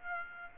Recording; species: mosquito wingbeat signal from an infrared sensor; Aedes aegypti